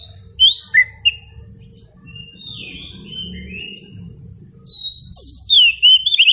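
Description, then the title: Magpie-robin song: a few sharp whistled notes, a softer swooping passage, then a bright cluster of high whistles, with a steady low hum throughout. Local name kacer; meant to prompt a bird to sing in reply. "Nyaut Kacer"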